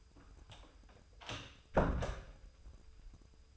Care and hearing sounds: daily activity, microphone in the room; close door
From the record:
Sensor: 2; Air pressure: 996.0 hPa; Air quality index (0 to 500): 45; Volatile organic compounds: 1 ppm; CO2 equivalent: 854 ppm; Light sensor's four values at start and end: 12/27/12/12 and 11/27/11/12

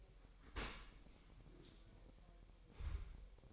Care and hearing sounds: daily activity, microphone in the room; open dishwasher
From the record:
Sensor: 1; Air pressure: 1000.6 hPa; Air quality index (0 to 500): 248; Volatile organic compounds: 147 ppm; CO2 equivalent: 4009 ppm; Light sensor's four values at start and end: 11/28/11/12 and 11/28/11/12

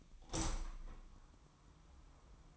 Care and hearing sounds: daily activity, microphone in the room; open window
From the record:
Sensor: 1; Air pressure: 1004.7 hPa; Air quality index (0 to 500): 110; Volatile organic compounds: 3 ppm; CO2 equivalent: 1524 ppm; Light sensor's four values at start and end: 8/20/8/8 and 8/21/8/9

